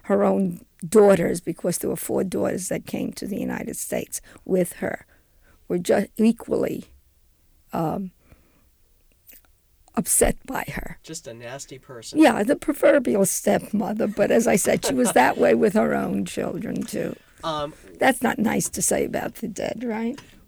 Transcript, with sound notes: her own daughters, because there were four daughters that came to the United States with her, were equally upset by her.
Just a nasty person.
Yeah. The proverbial stepmother. ( they laugh ) But, as I said, she was that way with her own children too. That's not nice to say about the dead, right?